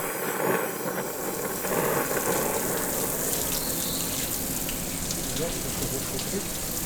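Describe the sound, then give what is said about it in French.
A rainwater recovery pump runs steadily, pushing water from large collection tanks to supply the toilet cisterns, giving a continuous rushing, gushing noise over a low mechanical rumble that holds even in loudness for the whole stretch, with no pauses. “C'est comme une pompe, en gros, qui pousse pour pouvoir alimenter tout ce qui est réservoir de WC.”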